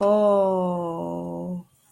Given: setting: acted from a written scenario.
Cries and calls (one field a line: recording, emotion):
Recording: vocal sound without words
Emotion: relief